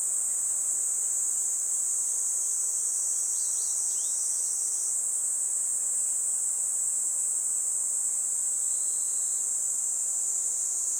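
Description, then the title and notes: Kaempfer cicada song as a continuous shrill drone at even loudness, joined in the first half by a short run of thin, quick bird notes. Chorus of many cicadas that had just begun singing in summer, in a forest by the Tama River; other insects and birds also calling. "多摩川の森、ニイニイゼミたちの合唱"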